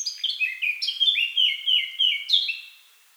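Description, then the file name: Eurasian blackcap song made of loud, pure whistled notes, each sliding down in pitch, given in a rapid rhythmic series. "Sylvia atricapilla"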